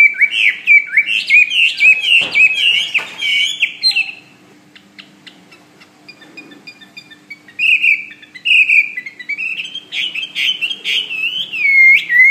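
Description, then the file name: Hwamei song with a burst of loud warbled whistles, a quiet gap of a few seconds with soft ticks, then renewed rising and falling whistled phrases; faint hum beneath. "omkicau hwamey"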